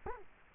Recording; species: mosquito wingbeat signal from an infrared sensor; Culex quinquefasciatus